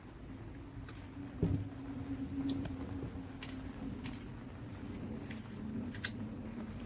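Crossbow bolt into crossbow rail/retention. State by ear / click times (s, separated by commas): not seated / none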